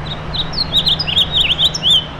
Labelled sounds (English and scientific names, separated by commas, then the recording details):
House Finch (Haemorhous mexicanus) song
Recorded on Long Island, New York, on 7 June 2011
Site MV
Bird A